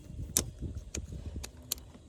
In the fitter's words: There you go. Once you hear it click.